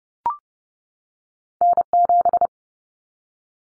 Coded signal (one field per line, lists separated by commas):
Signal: Morse code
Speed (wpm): 30 wpm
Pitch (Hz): 700 Hz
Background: none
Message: N7